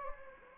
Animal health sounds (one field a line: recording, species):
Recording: mosquito wingbeat signal from an infrared sensor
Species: Anopheles gambiae